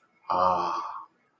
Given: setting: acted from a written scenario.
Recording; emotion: vocal sound without words; awe